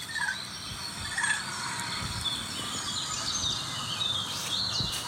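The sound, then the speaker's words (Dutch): A Eurasian jay mimics a chicken, giving short clucking and burbling calls at a mid-high pitch, repeated irregularly over a steady hiss of outdoor background noise. “Zat er een gaai in de boom in mijn tuin die deze geluiden maakte?”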